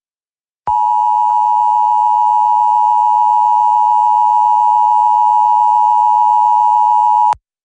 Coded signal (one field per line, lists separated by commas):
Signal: Emergency Alert System (SAME) tones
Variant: 853 and 960 Hz attention tone